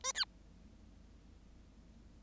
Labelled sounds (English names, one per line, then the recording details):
Bengalese Finch song
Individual Bird7